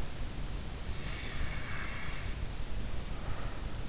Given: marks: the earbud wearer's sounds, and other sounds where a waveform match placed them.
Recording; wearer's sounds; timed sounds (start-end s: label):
sounds in sleep by an in-ear microphone; breath
1.13-3.58 s: breath